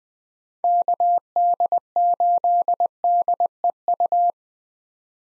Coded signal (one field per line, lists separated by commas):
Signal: Morse code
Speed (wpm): 20 wpm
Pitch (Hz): 700 Hz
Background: none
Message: KD8DEU